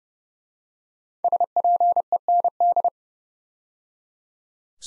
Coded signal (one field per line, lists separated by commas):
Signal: Morse code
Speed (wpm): 30 wpm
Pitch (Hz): 700 Hz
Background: none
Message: SPEND